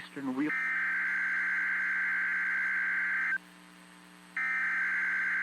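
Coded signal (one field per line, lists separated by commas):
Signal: Emergency Alert System (SAME) tones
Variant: header bursts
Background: speech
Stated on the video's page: Severe thunderstorm watch on NOAA Weather Radio station in Amarillo, Texas.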